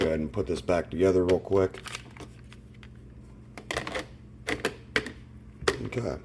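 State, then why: Not seated. Someone talks while putting the removable filter basket back into a Cuisinart DGB 900BC drip coffee maker and handling its plastic lid, with short sharp knocks and taps of the parts around 3.7, 4.5–5.0 and 5.7 seconds over a low steady hum. The lid has not yet closed, and nothing has seated or clicked yet.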